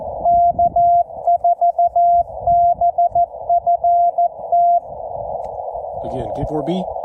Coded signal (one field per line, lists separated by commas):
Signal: Morse code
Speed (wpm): 14 wpm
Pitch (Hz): 690 Hz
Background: speech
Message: K4BFT